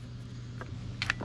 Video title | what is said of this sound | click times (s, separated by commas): Mercury 9.9 Pro Kicker EFI 100 Hour Service - Full DIY Maintenance Guide | There we go. clicked in. | 1.0 s, 1.1 s